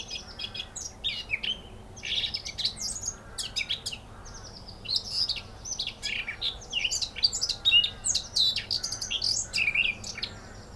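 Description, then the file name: Eurasian blackcap song, a fast scratchy warble of varied high notes in bursts throughout, with a low steady background hum. "Sylvia atricapilla"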